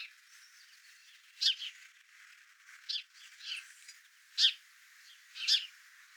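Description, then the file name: House sparrow chirps, short bright notes given singly at irregular gaps, about five after a quiet first second, with faint background twittering. "Passer domesticus"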